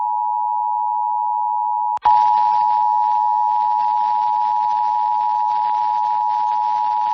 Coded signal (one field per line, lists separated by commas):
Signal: Emergency Alert System (SAME) tones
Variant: 853 and 960 Hz attention tone